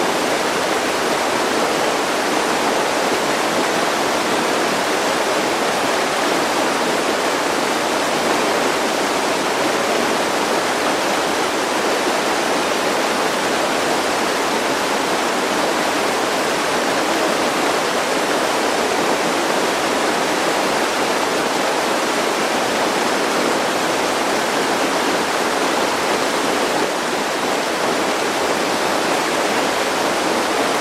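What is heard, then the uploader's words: A raging river roars without pause, a dense, steady rush of churning water that fills the whole clip at constant loudness. The sound is full, weighted toward bright hissing spray over a thinner low rumble, with no other sounds breaking through. Sound of a Raging River.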